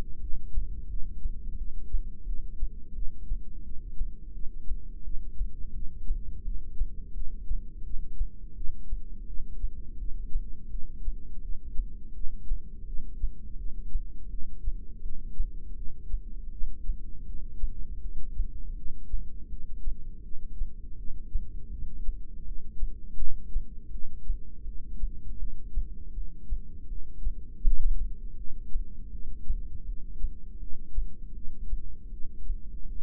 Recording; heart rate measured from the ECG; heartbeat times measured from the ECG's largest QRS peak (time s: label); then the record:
heart sounds by microphone in the left ear; 83 bpm
0.21 s: heartbeat
0.90 s: heartbeat
1.58 s: heartbeat
2.27 s: heartbeat
2.95 s: heartbeat
3.64 s: heartbeat
4.34 s: heartbeat
5.04 s: heartbeat
5.74 s: heartbeat
6.45 s: heartbeat
7.15 s: heartbeat
7.84 s: heartbeat
8.55 s: heartbeat
9.27 s: heartbeat
9.99 s: heartbeat
10.71 s: heartbeat
11.42 s: heartbeat
12.14 s: heartbeat
12.86 s: heartbeat
13.58 s: heartbeat
14.31 s: heartbeat
15.03 s: heartbeat
15.76 s: heartbeat
16.51 s: heartbeat
17.26 s: heartbeat
18.02 s: heartbeat
18.76 s: heartbeat
19.50 s: heartbeat
20.23 s: heartbeat
20.97 s: heartbeat
21.71 s: heartbeat
22.45 s: heartbeat
23.18 s: heartbeat
23.92 s: heartbeat
24.65 s: heartbeat
25.39 s: heartbeat
26.14 s: heartbeat
26.88 s: heartbeat
27.63 s: heartbeat
28.37 s: heartbeat
29.12 s: heartbeat
29.86 s: heartbeat
30.60 s: heartbeat
31.35 s: heartbeat
32.11 s: heartbeat
32.88 s: heartbeat
From the record:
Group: heart failure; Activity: rest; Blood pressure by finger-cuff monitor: 192/121 mmHg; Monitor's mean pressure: 141 mmHg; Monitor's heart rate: 81 bpm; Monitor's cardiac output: 7.6 L/min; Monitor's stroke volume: 92 mL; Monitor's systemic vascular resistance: 1400 dyn s/cm5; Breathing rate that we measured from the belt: 15 breaths a minute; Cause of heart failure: non-ischemic cardiomyopathy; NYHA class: 1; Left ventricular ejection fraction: 62%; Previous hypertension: present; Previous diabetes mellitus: present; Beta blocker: bisoprolol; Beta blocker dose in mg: 10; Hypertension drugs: sacubitril-valsartan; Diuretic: furosemide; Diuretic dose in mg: 20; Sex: male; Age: 49 years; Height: 167 cm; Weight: 110 kg